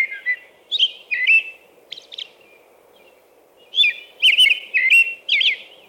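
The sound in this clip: American robin song, with warbled whistled phrases broken by short pauses and mixed with high thin notes, over a faint low background hum.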